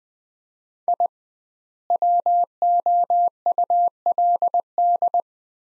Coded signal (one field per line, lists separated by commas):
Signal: Morse code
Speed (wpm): 20 wpm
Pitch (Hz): 700 Hz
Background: none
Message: I WOULD